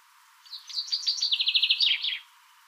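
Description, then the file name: Common chaffinch song, a bright rattling trill of quick repeated notes that descends, finishing in a short emphatic flourish, lasting under two seconds. "Fringilla coelebs"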